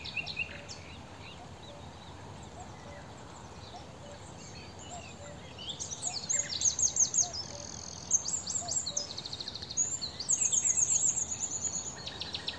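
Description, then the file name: Eurasian wren, quiet scattered chirps at first, then loud rapid high trills and rattling note runs in the second half over constant background noise. "Troglodytes troglodytes"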